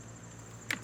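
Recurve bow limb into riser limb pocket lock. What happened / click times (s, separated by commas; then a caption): The limb snapped into its locking pocket / 0.7 s. The second recurve bow limb is snapped into the locking limb pocket of a Hoyt Formula XD riser. After a low steady hum, a sharp click is heard at 0.7 s, followed by a softer sound just after. The limb is seated in the lock and the click is judged to sound pretty good.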